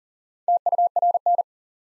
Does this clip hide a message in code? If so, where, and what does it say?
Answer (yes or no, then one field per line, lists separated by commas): yes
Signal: Morse code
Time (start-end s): 0.5-1.4 s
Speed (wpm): 37 wpm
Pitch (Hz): 700 Hz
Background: none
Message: TURN